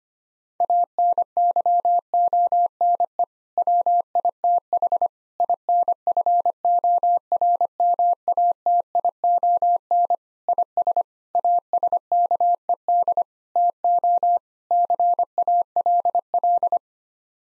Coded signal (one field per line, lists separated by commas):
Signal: Morse code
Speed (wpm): 25 wpm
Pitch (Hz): 700 Hz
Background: none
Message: ANYONE WITH INFORMATION IS ASKED TO CALL